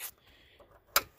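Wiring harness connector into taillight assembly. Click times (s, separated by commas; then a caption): 1.0 s. A plastic wiring harness plug is pushed into the back of the taillight assembly on a 2012–2017 Toyota Prius V, and it clicks in at 0.96 s with a sharp, bright snap. Quieter faint handling noise comes before and after the click. The connector is confirmed seated.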